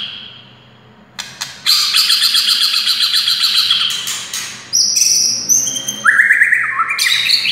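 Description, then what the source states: White-rumped shama song: a long run of harsh, rapid rattling notes, followed by clear whistled phrases that step upward and downward. A wild forest bird.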